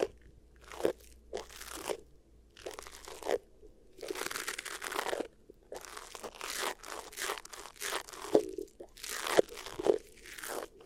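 Beeswax ear triggers: soft, squishy crunching and crinkling in irregular bursts, some brief and some lasting a second or more. Bright, grainy textures come and go with short silent gaps, and a faint low hum runs underneath.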